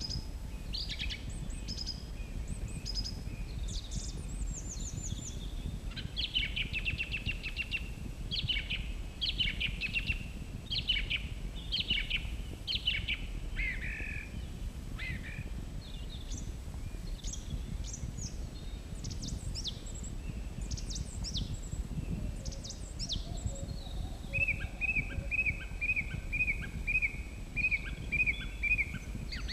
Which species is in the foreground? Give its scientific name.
Turdus philomelos